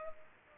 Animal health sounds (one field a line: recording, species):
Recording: mosquito wingbeat signal from an infrared sensor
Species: Culex pipiens